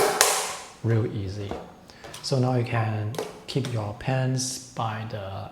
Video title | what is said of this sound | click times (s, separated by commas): Xencelabs Pen Display 16 (review): One of the Best | And if you want to remove it, you just pop it out. | 0.2 s